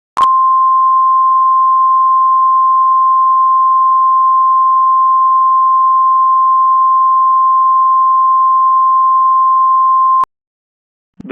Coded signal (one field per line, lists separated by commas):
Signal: Emergency Alert System (SAME) tones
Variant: 1050 Hz attention tone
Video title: EAS Mock: A lake volcanic eruption (Remastered)